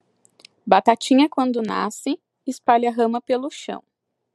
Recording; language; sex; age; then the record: short text; Brazilian Portuguese; female; 20 to 29 years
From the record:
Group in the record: control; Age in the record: 26 years